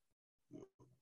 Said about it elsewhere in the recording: My dog is snoring in the background, guys.